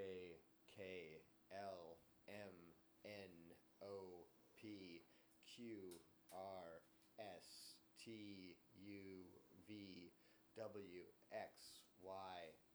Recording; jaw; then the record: letters of the alphabet, spoken; free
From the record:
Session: seven days later